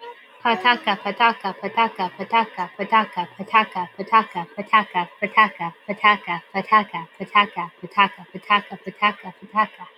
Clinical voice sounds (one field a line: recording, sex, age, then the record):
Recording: repeated syllables /pa ta ka/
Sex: female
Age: 30 to 39 years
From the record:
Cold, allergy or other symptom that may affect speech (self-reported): no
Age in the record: 30 years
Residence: Tennessee, United States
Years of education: 13